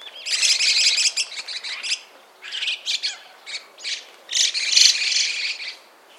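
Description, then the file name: Chestnut-cheeked starling chatter: harsh, scratchy bursts of rapid noisy notes in several clusters, with short pauses between them. "Sturnus philippensis"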